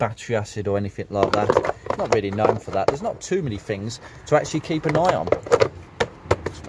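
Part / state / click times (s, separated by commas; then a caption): plastic battery cover clipping onto the battery tray in the engine bay / seated / 6.0 s, 6.3 s. Someone talks while a plastic battery cover on a Focus MK1 is pushed back down onto the battery tray in the engine bay after checking under the battery. Two sharp clicks at 6.0 s and 6.3 s mark the cover clipping into place, seated.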